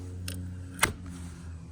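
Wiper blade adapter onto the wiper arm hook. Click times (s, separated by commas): 0.8 s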